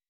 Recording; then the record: hydrophone in a shrimp aquaculture tank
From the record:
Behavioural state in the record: weakened